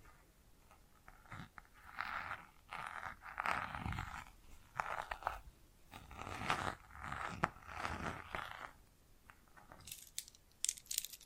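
Bracelets and jewelry boxes are handled in uneven bursts, with crunchy, rattling sounds clustering around 2, 3.5, 5, 6.5 and 8 seconds. Short gaps of quiet separate the clusters. Near the end, sharper, brighter clicks and taps take over.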